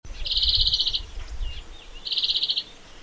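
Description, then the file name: European greenfinch giving two rapid, buzzy rattling trills, each under a second and about a second apart, over steady low rumbling noise. "Chloris chloris"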